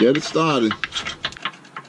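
A steel subframe bolt on a Chrysler Concorde is turned with a ratchet through the new subframe bushing and metal plates into the car body's captive nut while someone talks. Sharp ratchet clicks and binding sounds follow as the bolt cross-threads instead of starting cleanly, so nothing has seated.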